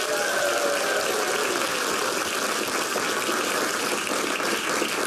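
The live studio audience of the radio programme Het Oog at Studio De Smet in Amsterdam applauding steadily, a dense, even wash of clapping hands that stays loud and unbroken for the full five seconds, with no voices rising above it.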